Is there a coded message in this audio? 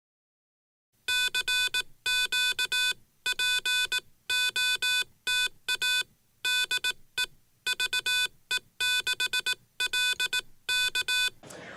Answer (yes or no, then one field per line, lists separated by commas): yes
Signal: Morse code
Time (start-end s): 1.1-11.3 s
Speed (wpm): 18 wpm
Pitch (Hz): 2500 Hz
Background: none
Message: CQPOTADEVE6LK